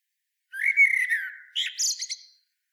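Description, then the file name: Common blackbird giving a single song phrase: a sustained mellow whistle dropping slightly, followed by a few squeaky high chirps. "Turdus merula"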